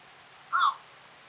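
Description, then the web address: Bird giving a single short, harsh call against a quiet background. Call of a bird in flight. "cri de loiseau en vol"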